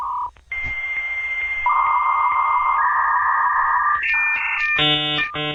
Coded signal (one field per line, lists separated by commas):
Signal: dial-up modem handshake